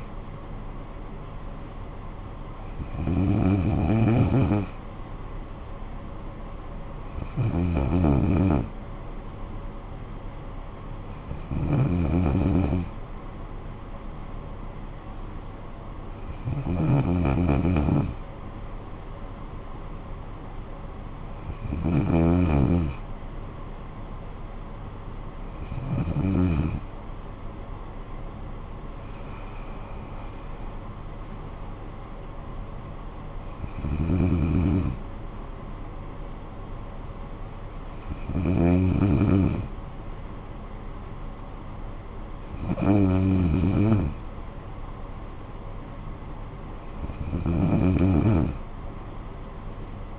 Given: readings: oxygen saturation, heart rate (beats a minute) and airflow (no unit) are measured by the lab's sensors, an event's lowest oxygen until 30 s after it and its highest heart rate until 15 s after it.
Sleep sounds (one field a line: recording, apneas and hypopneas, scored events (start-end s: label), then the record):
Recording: breathing in sleep by a smartphone at the bedside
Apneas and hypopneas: none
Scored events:
25.00-50.19 s: new sleep stage, N1 (lightest sleep)
From the record:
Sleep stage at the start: N2 (light sleep)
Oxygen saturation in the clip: 93 to 95%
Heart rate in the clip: 53 to 69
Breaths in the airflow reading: 11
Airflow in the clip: -9.9 to 8.3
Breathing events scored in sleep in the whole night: 445 in 7.6 hours asleep